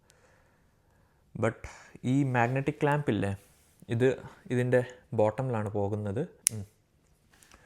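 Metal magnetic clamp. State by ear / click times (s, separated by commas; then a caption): seated / 6.5 s. A magnetic quick-release clamp is attached to the bottom of a DJI Osmo Action 5 Pro action camera while someone talks. A loud, sharp click at 6.5 s marks the clamp seating onto the camera base.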